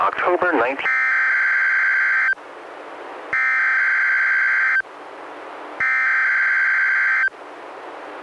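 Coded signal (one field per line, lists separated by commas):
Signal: Emergency Alert System (SAME) tones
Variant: header bursts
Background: speech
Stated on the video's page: Required Monthly Test EAS tones from NWS Portland, relayed by NOAA Weather Radio KEC91 and received on a Reecom R-1630 weather radio.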